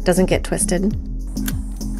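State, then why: Seated. A LATCH lower anchor connector on an Evenflo Shyft DualRide car seat base is pushed onto the vehicle's metal lower anchor bar, and it clicks into place. Someone talks over music, then a sharp, loud click comes at 1.5 s. The connector is seated on the anchor bar.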